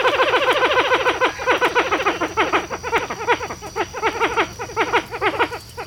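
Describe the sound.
Pied-billed grebe calls in a dense series of loud, throaty downslurred notes pulsing rapidly, with a steady high hiss in the background.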